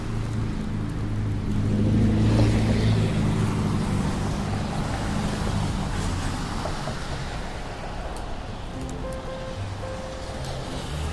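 A rainy day in New York, with a steady wash of traffic noise filling the clip. A vehicle's low engine hum swells around two to three seconds, then eases off. Brief faint clicks and a short higher tone appear near the end.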